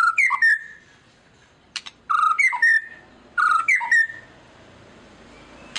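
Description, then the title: White-rumped shama song, clear whistled phrases that rise and fall, repeated three times with short pauses and a sharp click between. Used as a lure to make other birds respond; described as gacor, a bird singing constantly. "PANCINGAN MEWAH MURAI BATU GACOR, SEKALI DENGAR AMPUH LANGSUNG RESPON"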